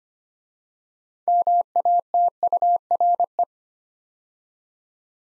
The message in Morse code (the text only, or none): MATURE